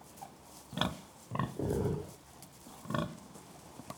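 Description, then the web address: Pig grunts: a few deep, throaty snorts, one drawn out longer than the others, separated by short pauses. Three pigs, grunting occasionally; livestock. "BBC Sound Effects Library BBC Livestock Three Pigs Grunting Occasionally"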